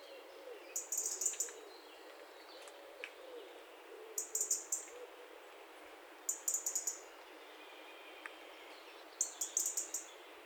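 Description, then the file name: European robin calls: bursts of rapid, thin, high clicks, grouped in short runs about every two to four seconds, with quiet background noise between. "Erithacus rubecula"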